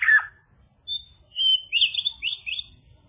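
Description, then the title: Java sparrow song: a short harsh chip, then a quiet gap, then high thin whistles that run into a fluttering, wavering phrase. "kicau gelatik"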